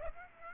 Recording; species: mosquito wingbeat signal from an infrared sensor; Aedes aegypti